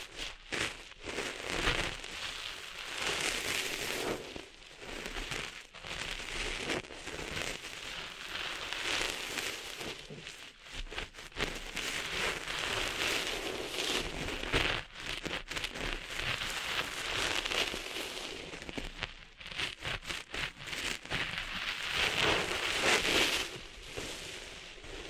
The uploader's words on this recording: ASMR Cleaning Sand Out of Your Ears (No Talking).